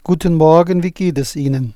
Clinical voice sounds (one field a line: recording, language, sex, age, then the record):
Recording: spoken sentence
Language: German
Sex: male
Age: 60 to 69 years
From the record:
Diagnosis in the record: healthy voice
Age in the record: 61 years